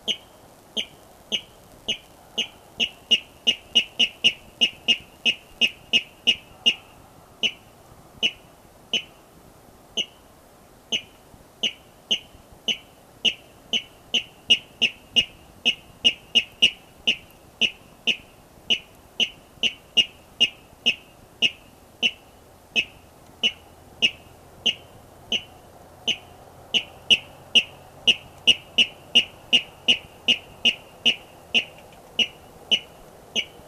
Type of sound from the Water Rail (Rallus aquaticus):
courtship call